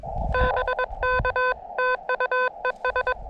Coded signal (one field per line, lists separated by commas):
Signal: Morse code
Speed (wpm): 22 wpm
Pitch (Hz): 500 Hz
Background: none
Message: BK TU ES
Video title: Deja Vu: CW POTA at Chenango Valley State Park.....again......With the Elecraft KX2 and AX1 antenna